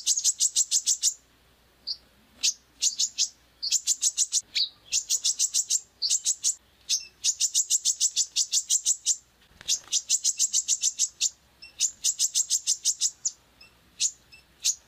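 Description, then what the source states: Wiceh calling in repeated short bursts of rapid high trills, separated by brief pauses and a few single chips. Female (betina) wiceh, described as powerful (dahsyat).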